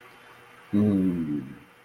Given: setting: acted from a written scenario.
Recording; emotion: vocal sound without words; contentment